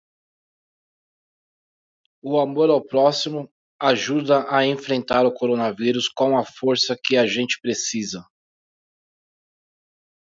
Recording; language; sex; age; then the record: spoken sentence; Brazilian Portuguese; male; 40 to 49 years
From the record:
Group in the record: control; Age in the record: 44 years